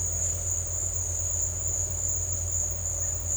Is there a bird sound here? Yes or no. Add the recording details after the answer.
no. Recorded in dense forest near Puerto Asís, Putumayo, Colombia, on 20 December 2024 at 13:00. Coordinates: 0.468, -76.322. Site G071